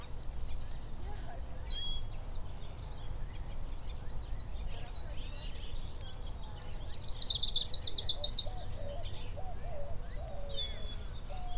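Lucy's warbler giving a single rapid high trill of about two seconds midway through, with faint scattered chirps of other birds and low background rumble throughout.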